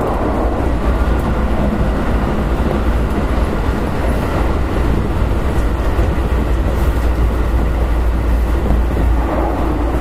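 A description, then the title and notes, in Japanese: Running noise recorded aboard an electric commuter train: a steady, dense low rumble of wheels and motor that holds at an even level for the whole stretch. Faint rhythmic clatter from the rails sits within the drone, with no distinct announcements or voices standing out. 京阪電気鉄道5000系電車の走行音です。It is running noise of the Keihan Electric Railway 5000 series train.I recorded on a semi express train on the Keihan main line.The section is from Kyobashi to Hirakatashi.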